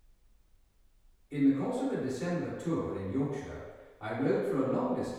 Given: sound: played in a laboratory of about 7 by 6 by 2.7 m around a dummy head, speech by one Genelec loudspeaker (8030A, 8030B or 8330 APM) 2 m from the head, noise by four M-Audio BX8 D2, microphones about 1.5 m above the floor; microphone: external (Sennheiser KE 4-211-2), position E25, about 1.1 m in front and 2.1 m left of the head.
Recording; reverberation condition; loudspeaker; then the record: male speech in English; high; 120 degrees to the right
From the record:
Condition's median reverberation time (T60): about 1300 ms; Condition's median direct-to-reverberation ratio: about -4.0 dB